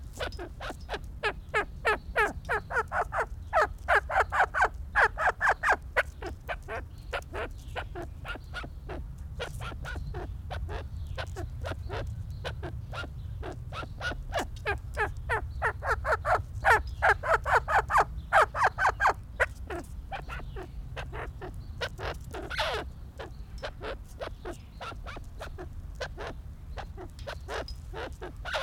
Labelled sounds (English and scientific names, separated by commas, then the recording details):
Arabian Partridge (Alectoris melanocephala) call
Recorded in captivity
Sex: pair
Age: adult
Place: Tierpark Berlin, Berlin, DE
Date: 1994-06-18 11:49
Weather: bedeckt, 12-15°C, dann Regen
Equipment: Marantz CP 430, Sennheiser ME 80, Kopie Uher Variocord 263
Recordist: Tembrock, Günter